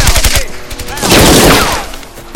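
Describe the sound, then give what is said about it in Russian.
PPSh submachine gun fire in quick bursts, fired by a sergeant from a shell crater at German soldiers: a rapid string of sharp, loud cracks, then a denser, sustained clatter of overlapping shots that slowly tapers off. “Автоматная очередь старшины оставляет нескольких немцев, лежащих на земле.”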